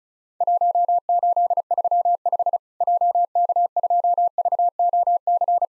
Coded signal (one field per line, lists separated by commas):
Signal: Morse code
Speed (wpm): 34 wpm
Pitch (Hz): 700 Hz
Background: none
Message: 1835 JK2VOC